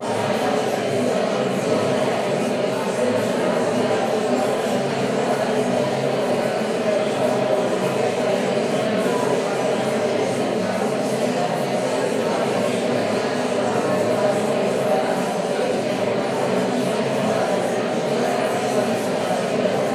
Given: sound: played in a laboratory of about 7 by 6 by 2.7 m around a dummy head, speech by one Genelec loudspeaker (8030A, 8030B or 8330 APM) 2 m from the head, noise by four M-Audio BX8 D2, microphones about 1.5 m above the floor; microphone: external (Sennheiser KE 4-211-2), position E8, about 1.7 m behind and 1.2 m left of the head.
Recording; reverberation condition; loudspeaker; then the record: babble noise; high; four, about 170 cm from the corners of the room and facing them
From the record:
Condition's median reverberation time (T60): about 1300 ms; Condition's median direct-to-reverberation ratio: about -4.0 dB